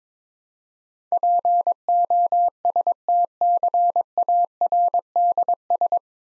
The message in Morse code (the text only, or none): POSTCARDS